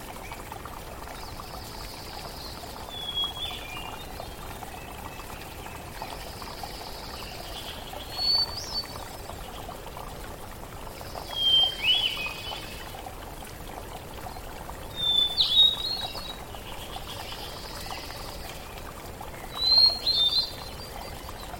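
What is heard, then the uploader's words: A forest river runs steadily underneath, a dense even rush of water. Birds call over it in short bright bursts of chirps and whistles, roughly every three to four seconds, near 3, 8, 12, 15 and 20 seconds. Serenity of the Forest River Relaxing Nature Sounds and Melodies of Birds in Harmony. Small, Stream, with, Birds, in, Background.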